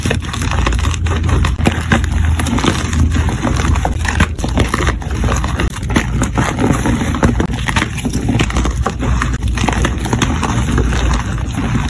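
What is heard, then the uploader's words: Powder being crunched, a dense, steady stream of soft gritty crackles with faint clicks and a low rumble underneath. Audio only compilation of powder crunch asmr.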